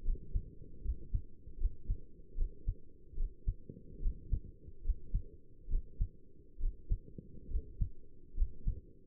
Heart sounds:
heart sounds by stethoscope; 72 bpm
0.05 s: heartbeat
0.84 s: heartbeat
1.60 s: heartbeat
2.38 s: heartbeat
3.17 s: heartbeat
4.02 s: heartbeat
4.84 s: heartbeat
5.71 s: heartbeat
6.61 s: heartbeat
7.51 s: heartbeat
8.37 s: heartbeat
From the record:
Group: healthy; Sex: male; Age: 22 years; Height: 181 cm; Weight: 79 kg

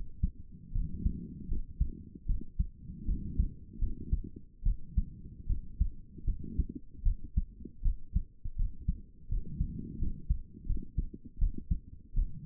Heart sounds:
heart sounds by stethoscope; 79 bpm
0.72 s: heartbeat
1.48 s: heartbeat
2.26 s: heartbeat
3.05 s: heartbeat
3.78 s: heartbeat
4.63 s: heartbeat
5.46 s: heartbeat
6.24 s: heartbeat
7.02 s: heartbeat
7.82 s: heartbeat
8.56 s: heartbeat
9.28 s: heartbeat
9.98 s: heartbeat
10.66 s: heartbeat
11.38 s: heartbeat
12.14 s: heartbeat
From the record:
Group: healthy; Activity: rest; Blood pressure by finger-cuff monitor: 139/72 mmHg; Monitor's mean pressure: 93 mmHg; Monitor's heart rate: 78 bpm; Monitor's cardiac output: 7.2 L/min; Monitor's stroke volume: 96 mL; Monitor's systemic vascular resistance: 950 dyn s/cm5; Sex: female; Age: 22 years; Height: 154 cm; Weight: 58.7 kg

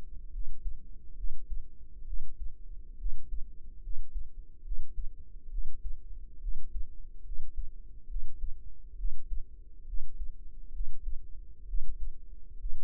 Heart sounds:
heart sounds by microphone in the right ear; 68 bpm
0.31 s: heartbeat
1.15 s: heartbeat
2.05 s: heartbeat
2.97 s: heartbeat
3.81 s: heartbeat
4.62 s: heartbeat
5.49 s: heartbeat
6.39 s: heartbeat
7.23 s: heartbeat
8.07 s: heartbeat
8.96 s: heartbeat
9.85 s: heartbeat
10.71 s: heartbeat
11.66 s: heartbeat
12.57 s: heartbeat
From the record:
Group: healthy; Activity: rest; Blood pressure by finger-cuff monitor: 110/72 mmHg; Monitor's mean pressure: 85 mmHg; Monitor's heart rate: 70 bpm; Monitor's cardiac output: 5.6 L/min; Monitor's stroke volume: 80 mL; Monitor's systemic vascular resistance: 1110 dyn s/cm5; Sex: female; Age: 22 years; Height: 160 cm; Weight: 45 kg

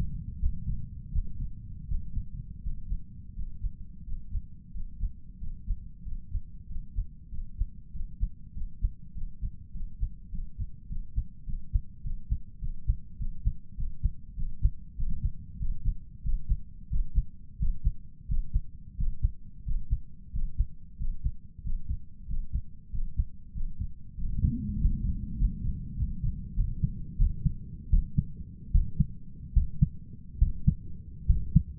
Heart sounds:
heart sounds by stethoscope; 91 bpm
0.38 s: heartbeat
1.11 s: heartbeat
1.87 s: heartbeat
2.61 s: heartbeat
3.34 s: heartbeat
4.04 s: heartbeat
4.72 s: heartbeat
5.39 s: heartbeat
6.03 s: heartbeat
6.67 s: heartbeat
7.29 s: heartbeat
7.91 s: heartbeat
8.52 s: heartbeat
9.13 s: heartbeat
9.72 s: heartbeat
10.30 s: heartbeat
10.87 s: heartbeat
11.44 s: heartbeat
12.02 s: heartbeat
12.59 s: heartbeat
13.17 s: heartbeat
13.75 s: heartbeat
14.35 s: heartbeat
14.96 s: heartbeat
15.58 s: heartbeat
16.22 s: heartbeat
16.89 s: heartbeat
17.58 s: heartbeat
18.27 s: heartbeat
18.96 s: heartbeat
19.64 s: heartbeat
20.31 s: heartbeat
20.97 s: heartbeat
21.63 s: heartbeat
22.27 s: heartbeat
22.91 s: heartbeat
23.53 s: heartbeat
24.16 s: heartbeat
24.77 s: heartbeat
25.37 s: heartbeat
25.96 s: heartbeat
26.56 s: heartbeat
27.17 s: heartbeat
27.89 s: heartbeat
28.71 s: heartbeat
29.53 s: heartbeat
30.38 s: heartbeat
31.26 s: heartbeat
From the record:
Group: healthy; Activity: breath hold 0-25 s, rest 25-32 s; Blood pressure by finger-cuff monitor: 100/65 mmHg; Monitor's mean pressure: 76 mmHg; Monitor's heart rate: 91 bpm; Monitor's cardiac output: 7.6 L/min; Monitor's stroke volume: 85 mL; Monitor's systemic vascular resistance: 680 dyn s/cm5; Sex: male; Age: 23 years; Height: 178 cm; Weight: 96.6 kg

